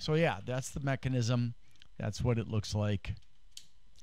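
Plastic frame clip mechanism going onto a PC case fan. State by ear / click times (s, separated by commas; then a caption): seated / 3.6 s. Someone talks, then at 3.6 s a sharp click is heard as the plastic detachable clip-on frame mechanism is refitted onto a be quiet! Silent Wings Pro 4 120 PWM BL098 120 mm PC case fan. The frame clip snaps back into place and is seated.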